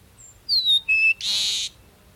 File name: Sturnella bellicosa - Peruvian Meadowlark